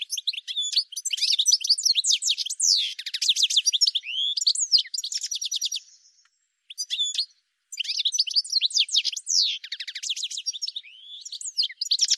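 Bird song, a dense rapid stream of high twittering chirps and sweeping notes, broken by one brief pause midway, on a clean background.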